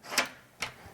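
With the door closed, the bolt of a SECURAM Touch smart deadbolt is thrown into the strike hole in the door frame, checking that the hole is deep enough so the electronic lock won't jam. Two short clicks sound at 0.2 s and 0.6 s as the bolt extends fully and seats all the way into the frame.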